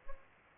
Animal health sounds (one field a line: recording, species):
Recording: mosquito wingbeat signal from an infrared sensor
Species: Aedes albopictus